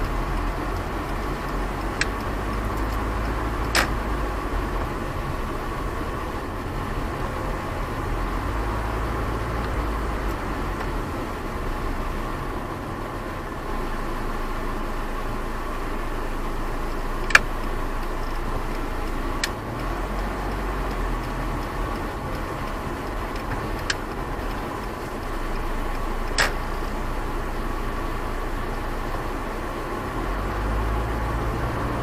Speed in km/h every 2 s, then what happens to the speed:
10, 13, 16, 17, 17, 17, 11, 7, 7, 9, 9, 11, 11, 11, 10, 14.
0-7 speeds up to 17. 10-14 slows to 7. 14-32 steady at about 10.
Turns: none.